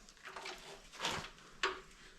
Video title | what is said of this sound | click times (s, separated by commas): HARBOR FREIGHT TOOL WORTH BUYING ~ STILL ICE FISHING IN THE NORTH! | and snap right into place like that | 1.6 s